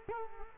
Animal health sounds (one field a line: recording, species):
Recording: mosquito wingbeat signal from an infrared sensor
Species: Culex quinquefasciatus